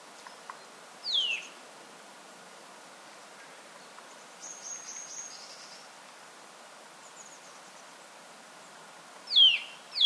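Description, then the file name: Eurasian nuthatch call notes, each a loud quick downslurred whistle; one early on, then a pair near the end, with faint high twittering between. "Sitta europaea"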